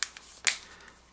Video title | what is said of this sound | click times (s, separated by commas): Samsung Galaxy S5: Unboxing & Review | snaps into place | 0.0 s, 0.5 s